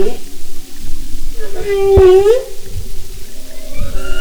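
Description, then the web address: Humpback whale moan: one loud, slightly dipping then rising tone with harmonics in the middle, faint tones before and after, over low rumble. "Marine Mammals humpback"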